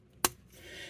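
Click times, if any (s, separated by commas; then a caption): 0.2 s. The folded leg and waist section of a plastic transforming action figure is slid into a cavity in the body and snaps into place with one sharp, bright click at 0.3 s. A faint rustle of handling follows, and the section is seated.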